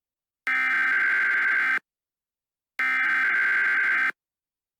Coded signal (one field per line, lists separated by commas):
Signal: Emergency Alert System (SAME) tones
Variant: header bursts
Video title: EAS Scenario - Neverlasting